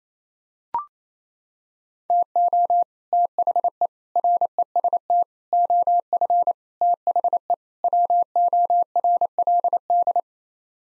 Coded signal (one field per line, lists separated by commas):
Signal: Morse code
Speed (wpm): 27 wpm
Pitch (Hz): 700 Hz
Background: none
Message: TO THE REST OF THE WORLD